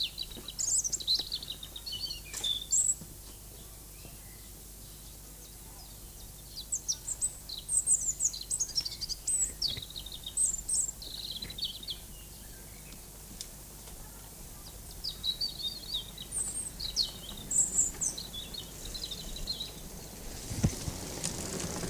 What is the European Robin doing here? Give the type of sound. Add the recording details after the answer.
song. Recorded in the wild. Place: Lübars (Fließtal), Berlin, DE. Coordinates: 52.6167, 13.35. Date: 2004-04-11 13:30. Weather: overcast, 14°C. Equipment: Fair Mate ST-1328 (Asahi Electronics, Japan), Sennheiser ME 80, Kopie Uher 4000 Report Monitor. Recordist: Tembrock, Günter